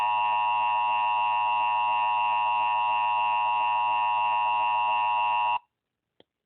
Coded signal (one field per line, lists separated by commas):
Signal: Emergency Alert System (SAME) tones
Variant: 853 and 960 Hz attention tone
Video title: a national emergency alert system test. welcome to my works station everyone!